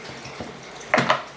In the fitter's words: and it snaps into place nice and secure at this point it is quite secure it's quite